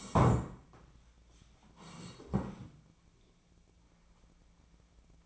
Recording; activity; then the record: daily activity, microphone in the room; sit down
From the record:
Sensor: 1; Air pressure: 1012.3 hPa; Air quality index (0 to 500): 174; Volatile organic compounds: 3 ppm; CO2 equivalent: 1426 ppm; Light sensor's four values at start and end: 44/118/48/59 and 43/117/48/58